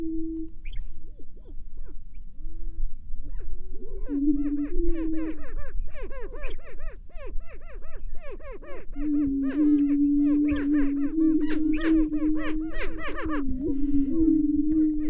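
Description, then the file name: Greater prairie chicken booming with low, hollow, sustained moaning tones, overlaid by many rapid cackling and whooping calls from several birds. "Greater Prairie Chicken - Tympanuchus cupido"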